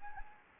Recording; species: mosquito wingbeat signal from an infrared sensor; Anopheles arabiensis